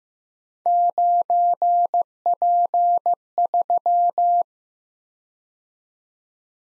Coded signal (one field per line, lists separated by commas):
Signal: Morse code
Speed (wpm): 15 wpm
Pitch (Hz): 700 Hz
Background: none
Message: 9P3